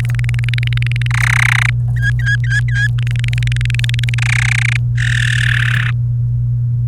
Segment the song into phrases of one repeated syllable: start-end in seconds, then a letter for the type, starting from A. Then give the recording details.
0.00-1.07 A, 1.10-1.70 B, 1.96-2.87 C, 2.98-4.14 A, 4.18-4.77 B, 4.98-5.90 D. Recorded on 28 April 2018 at 15:43. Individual llb3